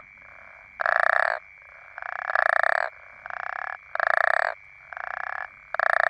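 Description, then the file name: Toads calling in rough, buzzing croaks, each burst under a second, loud and fainter callers alternating against a continuous background trill. Several toads. "african common toads"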